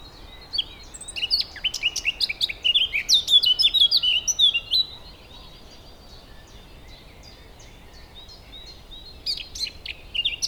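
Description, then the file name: Eurasian blackcap song: a hurried, jumbled warbling phrase of a few seconds, then a long pause before another phrase begins at the end. "Sylvia atricapilla"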